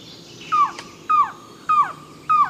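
Mountain trogon: four falling, hoarse call notes repeated at an even pace, with a brief click partway through and a quiet hissing background.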